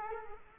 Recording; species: mosquito wingbeat signal from an infrared sensor; Culex quinquefasciatus